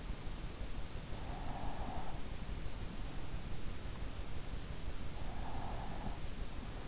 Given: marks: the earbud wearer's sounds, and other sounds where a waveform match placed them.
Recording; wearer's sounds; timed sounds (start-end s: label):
sounds in sleep by an in-ear microphone; breath
1.35-2.55 s: breath
4.83-6.88 s: breath